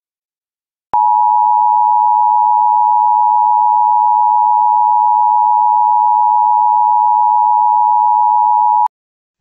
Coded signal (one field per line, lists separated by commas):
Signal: Emergency Alert System (SAME) tones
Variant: 853 and 960 Hz attention tone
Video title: EAS Local Area Emergency Ladysmith, Wisconsin (Rusk County) Missing Endangered Adult (Silver Alert)